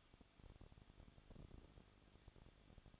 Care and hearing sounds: daily activity, microphone in the room; no activity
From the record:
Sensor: 4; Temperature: 23.0 degrees Celsius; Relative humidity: 34.2%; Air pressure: 1007.3 hPa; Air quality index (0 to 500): 216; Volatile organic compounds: 15 ppm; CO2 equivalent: 2506 ppm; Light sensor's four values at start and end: 2/3/1/1 and 2/3/1/1

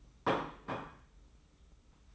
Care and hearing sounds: daily activity, microphone in the room; place plate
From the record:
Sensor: 1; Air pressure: 990.8 hPa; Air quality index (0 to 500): 133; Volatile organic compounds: 454 ppm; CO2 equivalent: 4755 ppm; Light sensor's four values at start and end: 24/57/24/26 and 24/57/24/26

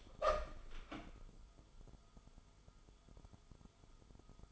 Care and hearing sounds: daily activity, microphone in the room; open door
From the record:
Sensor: 5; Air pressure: 1005.1 hPa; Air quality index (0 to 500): 91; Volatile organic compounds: 2 ppm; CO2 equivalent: 1108 ppm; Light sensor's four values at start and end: 34/79/32/30 and 34/79/32/30

